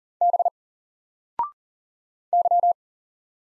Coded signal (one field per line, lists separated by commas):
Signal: Morse code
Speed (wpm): 40 wpm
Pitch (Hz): 700 Hz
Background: none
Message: B Y